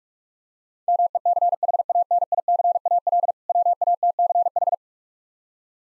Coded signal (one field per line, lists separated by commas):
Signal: Morse code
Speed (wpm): 46 wpm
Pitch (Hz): 700 Hz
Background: none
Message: MECHANICAL WATCH